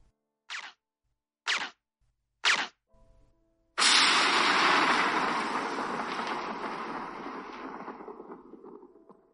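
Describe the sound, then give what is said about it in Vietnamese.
Three short, muffled thwacks of a silenced gun in quick succession, then a sudden loud crack of thunder that rolls on and slowly fades as a long rumble. “Tiếng súng được lắp ống giảm thanh vừa dứt thì một loạt tiếng sấm rung truyền trời đất rền vang.”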